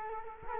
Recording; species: mosquito wingbeat signal from an infrared sensor; Culex quinquefasciatus